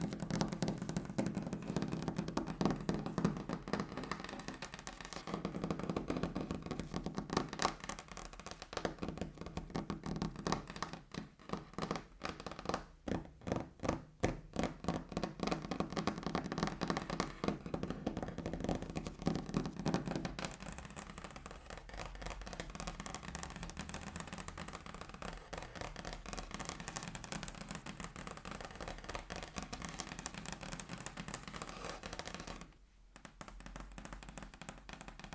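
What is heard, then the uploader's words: Fingers tap a table in rapid, dense bursts with brief pauses, the tapping turning brighter and hissier after twenty seconds, with a short gap near thirty-three. ASMR Table Tapping (No Talking).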